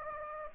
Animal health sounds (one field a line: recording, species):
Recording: mosquito wingbeat signal from an infrared sensor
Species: Anopheles gambiae